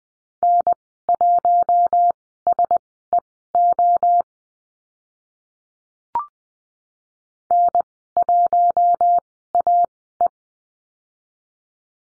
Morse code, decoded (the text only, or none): N1SEO N1AE